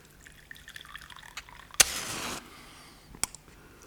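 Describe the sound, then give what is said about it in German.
Water is poured into a glass in a short, hissing half-second splash that opens with a sharp clink, followed by another bright clink, with faint small clicks before. “Nur einen Schluck Wasser.”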